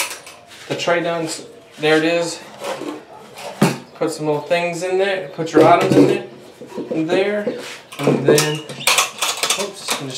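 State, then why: Seated. A wooden tray is lined up under a wooden toolbox and fastened to it with small latch clips on both sides while someone talks. The clips snap into place at 8.9 s and 9.4 s, seating the tray on both sides.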